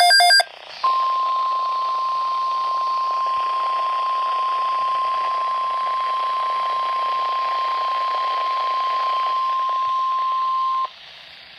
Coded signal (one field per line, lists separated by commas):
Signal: Emergency Alert System (SAME) tones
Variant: 1050 Hz attention tone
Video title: Tornado Watch 28 [EAS 1100] | NOAA Weather Radio (2/24/2016)